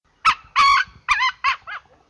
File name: gallus sonneratii